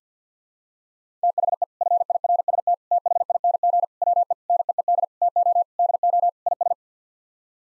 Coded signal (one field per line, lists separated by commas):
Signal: Morse code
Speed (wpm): 50 wpm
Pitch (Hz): 700 Hz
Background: none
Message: THE FIRST THING WE NEED TO DO IS